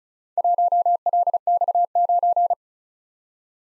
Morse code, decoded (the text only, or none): 1LX9